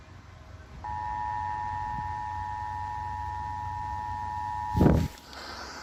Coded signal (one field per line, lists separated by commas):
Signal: Emergency Alert System (SAME) tones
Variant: 853 and 960 Hz attention tone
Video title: Iowa EAS Required Monthly Test and WHO (AM) RWT (December 4, 2019)